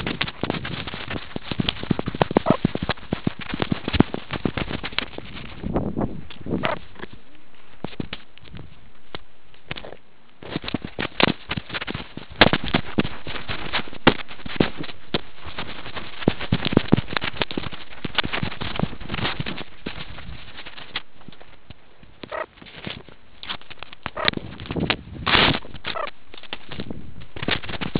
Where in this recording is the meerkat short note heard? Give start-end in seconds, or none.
none